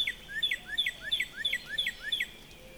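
Northern Cardinal song: a fast series of about seven clear whistled phrases, each sliding down then sweeping back up, repeated evenly over three seconds.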